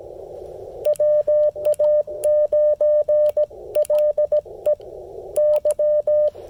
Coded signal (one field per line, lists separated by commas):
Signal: Morse code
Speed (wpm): 17 wpm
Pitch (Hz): 1800 Hz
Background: none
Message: WA9LEY